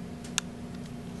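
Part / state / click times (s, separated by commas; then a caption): flex cable connector into smartphone logic board socket / seated / 0.4 s. The bottom flex cable connector is gently pressed onto its socket on an iPhone 5 logic board and clicks into place at 0.4 s. The click is a single short, sharp snap over a steady low hum. The connector is seated.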